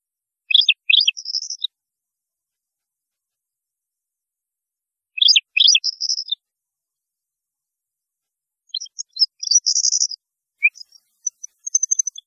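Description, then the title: European goldfinch singing twittering phrases with buzzy trills, two similar bursts several seconds apart followed by a longer, scratchy jingling sequence. "Chant Chardonneret"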